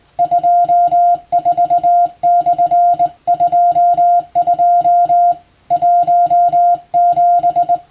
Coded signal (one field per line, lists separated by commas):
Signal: Morse code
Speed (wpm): 20 wpm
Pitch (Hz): 700 Hz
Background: none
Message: 24/22 17